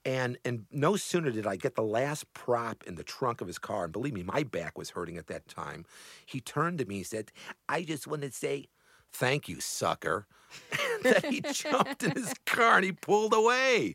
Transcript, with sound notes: And no sooner did I get the last prop in the trunk of his car -- and believe me, my back was hurting at that time -- he turned to me. He said, (Foreign Man accent) "I just want to say," (normal voice) "thank you, sucker!"
(laughs)
And he jumped in his car, and he pulled away!